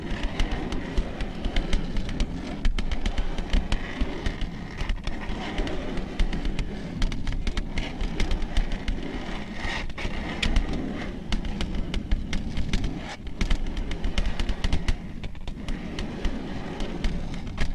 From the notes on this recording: slow, rhythmic long nail tapping and scratching ASMR sounds